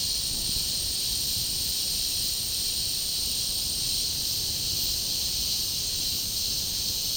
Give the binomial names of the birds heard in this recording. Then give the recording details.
none. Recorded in dense forest near Puerto Asís, Putumayo, Colombia, on 21 February 2024 at 09:30. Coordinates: 0.485, -76.318. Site G6408